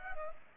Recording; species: mosquito wingbeat signal from an infrared sensor; Culex pipiens